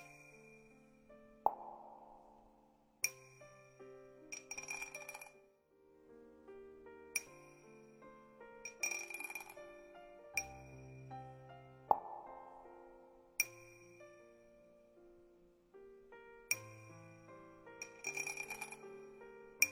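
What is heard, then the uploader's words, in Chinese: Wind chimes and struck cups ring out in an airy rhythm, each sharp clink followed by a long, clear tone that slowly fades. Strikes come every second or two, some in quick bright clusters, layering overlapping bell-like notes over a quiet background. 极度舒适空灵韵律风铃杯敲击 卡点敲击 舒缓解压轻音乐。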